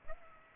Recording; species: mosquito wingbeat signal from an infrared sensor; Aedes aegypti